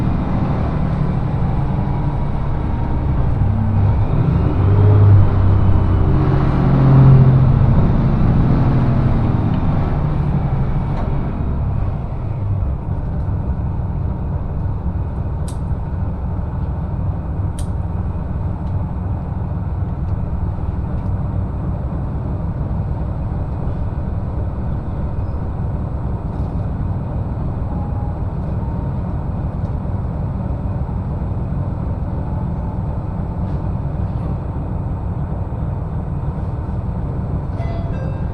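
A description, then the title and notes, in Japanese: A train ride on the Echigo Tokimeki Railway: a steady low rumble of the moving car, louder and fuller for the first ten seconds, then settling. 耳で楽しむ鉄道旅 えちごトキめき鉄道 高田→直江津→糸魚川。ディーゼルカー1両で足りてしまいます。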